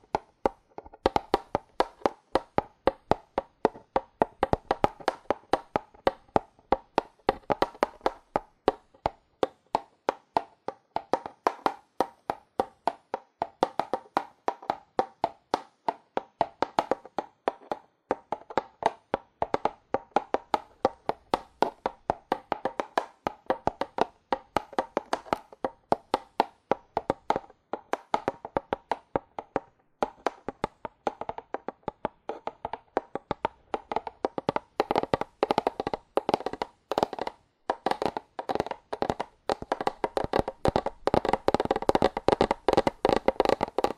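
Fast, aggressive tapping on cardboard, dense hollow knocks in quick irregular bursts, growing even busier and louder during the last ten seconds.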